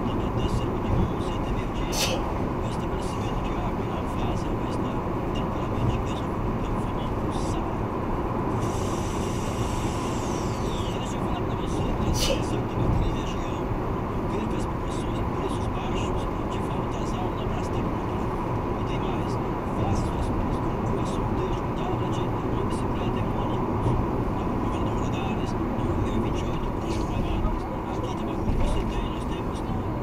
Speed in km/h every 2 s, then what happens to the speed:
121, 120, 119, 120, 120, 120, 121, 120, 119, 120, 120, 122, 115, 108, 109.
0-23 steady at about 120. 23-25 brakes to 108.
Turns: none.